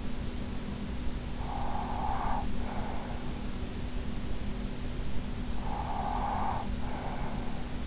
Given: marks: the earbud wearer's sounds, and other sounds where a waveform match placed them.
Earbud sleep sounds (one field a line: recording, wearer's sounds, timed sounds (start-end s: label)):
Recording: sounds in sleep by an in-ear microphone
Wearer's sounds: breath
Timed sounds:
1.47-3.64 s: breath
5.48-7.87 s: breath